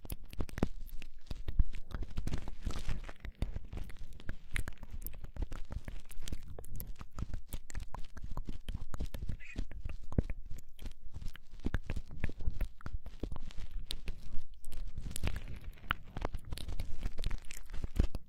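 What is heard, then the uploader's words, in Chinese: Ear cleaning and massage right at the ear: dense, irregular scratching and crackling rubs with soft low thumps throughout, no pauses. 掏耳朵，耳边按摩。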